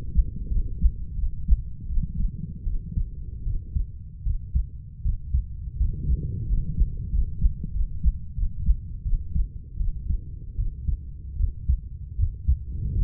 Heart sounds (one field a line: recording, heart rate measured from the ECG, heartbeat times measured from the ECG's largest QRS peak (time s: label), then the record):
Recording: heart sounds by stethoscope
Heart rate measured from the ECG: 82 bpm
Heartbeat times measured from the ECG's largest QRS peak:
0.49 s: heartbeat
1.16 s: heartbeat
1.87 s: heartbeat
2.64 s: heartbeat
3.44 s: heartbeat
4.24 s: heartbeat
5.03 s: heartbeat
5.78 s: heartbeat
6.47 s: heartbeat
7.11 s: heartbeat
7.73 s: heartbeat
8.35 s: heartbeat
9.03 s: heartbeat
9.78 s: heartbeat
10.56 s: heartbeat
11.37 s: heartbeat
12.17 s: heartbeat
12.95 s: heartbeat
From the record:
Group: healthy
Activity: rest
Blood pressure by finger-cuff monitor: 145/58 mmHg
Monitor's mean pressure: 84 mmHg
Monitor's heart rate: 80 bpm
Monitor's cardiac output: 10.2 L/min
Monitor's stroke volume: 129 mL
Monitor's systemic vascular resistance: 590 dyn s/cm5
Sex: female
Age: 32 years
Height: 168 cm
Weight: 61.9 kg